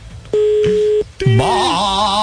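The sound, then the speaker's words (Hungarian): A steady, unbroken telephone line tone after a caller hangs up the receiver hums at a single pitch for under a second and cuts off, then a voice starts talking while a fainter tone briefly lingers. “Állandóan képzeljétek el, a Párizsinek állandóan a dobókata ide telefonál, és így ne csapja a kagylót.”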